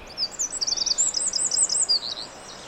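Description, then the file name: Eurasian wren giving a short run of high, rapid, twittering notes. "Troglodytes troglodytes"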